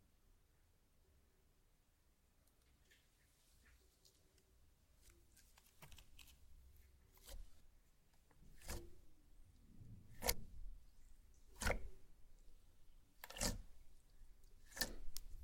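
Slime being played with: the first few seconds are nearly silent apart from a low hum and faint ticks. From about six seconds, wet snapping pops and squelches arrive every second or two, growing louder, with soft squishing between them.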